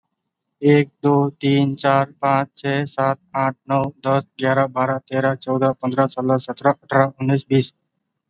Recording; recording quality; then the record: counting at a fast pace; excellent, no background noise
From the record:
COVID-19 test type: RT-PCR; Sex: male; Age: 22 years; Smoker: no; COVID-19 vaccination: both doses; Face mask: worn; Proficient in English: yes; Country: India